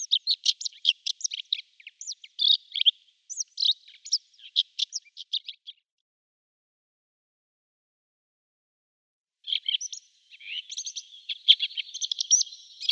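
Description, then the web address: Red-backed shrike singing a scratchy, chattering warble for about six seconds, then a silent gap of roughly four seconds before the hurried babble resumes. "Schulze Peter Red-backed Shrike"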